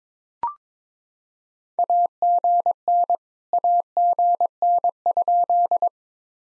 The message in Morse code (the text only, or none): AGN AGN?